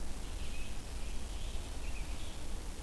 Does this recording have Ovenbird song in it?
no